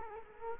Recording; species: mosquito wingbeat signal from an infrared sensor; Culex quinquefasciatus